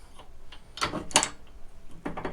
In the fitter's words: well it snaps right in